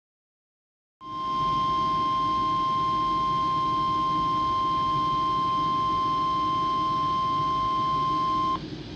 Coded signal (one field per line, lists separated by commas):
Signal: Emergency Alert System (SAME) tones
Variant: 1050 Hz attention tone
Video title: [EAS #96-100] March 1st - Quebec Snow Squall Event